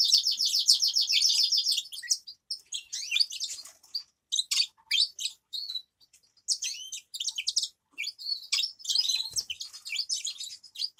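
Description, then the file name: Grass parakeets calling with a buzzy trill at first, then a broken run of high chirps and squeaky notes with short gaps. "travyanye popugaiciki"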